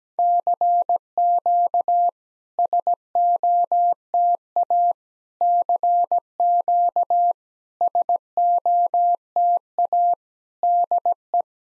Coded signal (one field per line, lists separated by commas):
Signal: Morse code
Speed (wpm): 17 wpm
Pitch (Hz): 700 Hz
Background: none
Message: CQ SOTA CQ SOTA DE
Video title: SOTA QSO Practice 17wpm